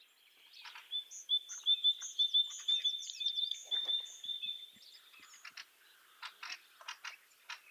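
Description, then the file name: Great tit giving a run of alternating high and low notes, followed by a few short buzzy chatter bursts. "Parus major"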